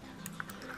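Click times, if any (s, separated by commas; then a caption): 0.3 s, 0.4 s. The plastic cover on an M15 plug-and-play game stick housing, opened to reach the memory card, is pressed back down. Short, sharp clicks sound at 0.3 s and 0.4 s over a quiet background, with a louder burst at the very end. The cover is seated and clicks back into place.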